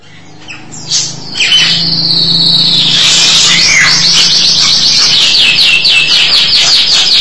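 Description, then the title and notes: Starling song: a few whistled notes build into a loud, fast run of repeated high chips lasting several seconds. "suara burung jalak"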